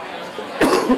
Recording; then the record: coughing mixed with background sound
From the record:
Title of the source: Coughing 77